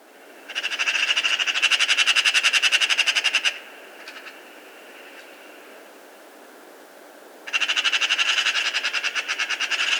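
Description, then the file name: Eurasian magpie uttering two long harsh rattling chatters, with a few faint clicks in the quiet stretch between them. "Pica pica"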